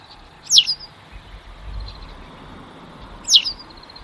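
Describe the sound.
White wagtail giving two sharp, high, descending call notes almost three seconds apart, with soft low rumbling between them.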